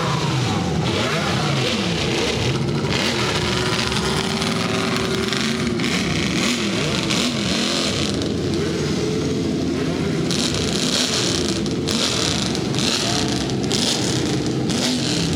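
Racing car engines run in a busy assembly area, several motors idling and revving at once, their pitches sweeping up and down in overlapping loops. The sound is dense and continuous, loud, with brief sharp surges of throttle throughout.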